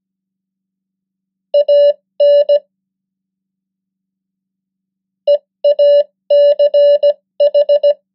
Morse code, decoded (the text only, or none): AN EACH